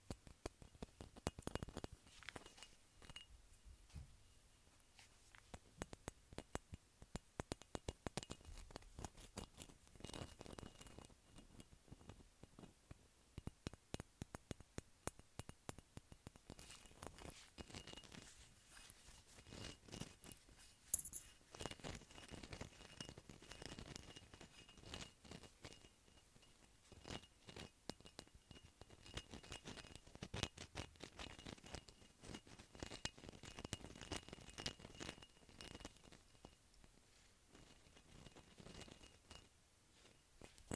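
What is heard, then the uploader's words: Fingertips tap rapidly over a bumpy glass surface, producing dense, uneven clicks and light patter that run almost without pause for the whole stretch. The taps are crisp, shifting in speed and intensity, with bursts of busier tapping around the middle and near the end. ASMR Tapping Bumpy Glass.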